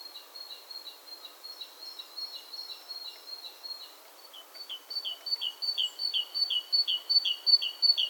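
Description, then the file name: Great tit song: a soft series of high notes, then a louder run of two-note see-saw phrases repeated steadily over the last few seconds. "Parus major"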